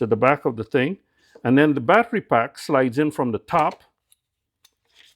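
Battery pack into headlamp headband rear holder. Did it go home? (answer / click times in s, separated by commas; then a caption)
yes / 4.1 s, 4.6 s, 5.0 s. Someone talks while a plastic battery pack for a Scoutlite TRIGO headlamp is slid down from the top into the rear holder on the headband. After the talking stops, faint short clicks come at 4.1, 4.7 and 5.0 seconds as the pack clicks into place and is seated.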